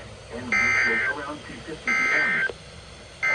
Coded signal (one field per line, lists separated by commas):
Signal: Emergency Alert System (SAME) tones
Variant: end-of-message bursts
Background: speech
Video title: EAS #3428-3434 Severe Thunderstorm Warning (7-24-25)